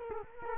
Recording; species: mosquito wingbeat signal from an infrared sensor; Culex quinquefasciatus